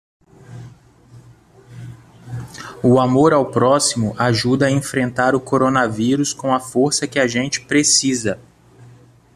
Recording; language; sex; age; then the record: spoken sentence; Brazilian Portuguese; male; 30 to 39 years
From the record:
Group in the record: control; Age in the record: 34 years